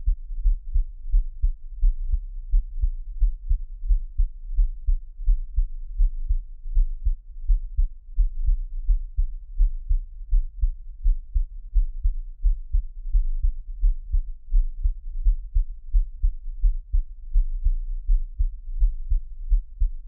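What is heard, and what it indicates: An adult's heartbeat heard close up: steady, low-pitched thumps at about 86 beats per minute, with no talking.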